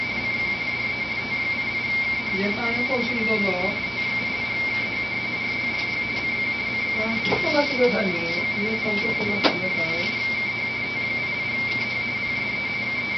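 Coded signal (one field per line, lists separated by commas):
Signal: RTTY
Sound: steady two-tone warbling teleprinter chatter with a man talking quietly underneath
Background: speech, small room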